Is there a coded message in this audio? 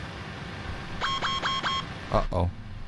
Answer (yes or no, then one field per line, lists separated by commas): no